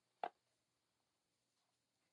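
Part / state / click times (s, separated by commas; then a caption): removable piece sliding into the frame of an electric spinning wheel / seated / 0.2 s. A removable piece of an electric spinning wheel's travel setup is slid back into the frame and locks into place, giving one short, sharp tick at 0.2 s. The rest of the clip is near silence with only faint low background noise, and the piece is seated.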